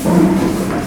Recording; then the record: squeal of a Yucatan mini pig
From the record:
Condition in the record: after surgery on the right vocal fold (resection and tissue-engineered implant); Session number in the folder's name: 7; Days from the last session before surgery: 47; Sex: female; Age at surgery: 19 weeks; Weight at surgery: 25 kg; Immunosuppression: prednisolone